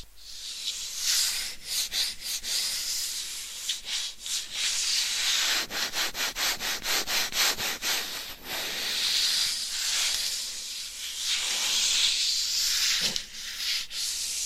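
Binaural mic scratching and tapping: a steady, bright rasping scrape runs almost the whole time, swelling and easing in long strokes. Between about 1 and 8 seconds, quick runs of sharp taps break through, with a few more single taps near 13 seconds.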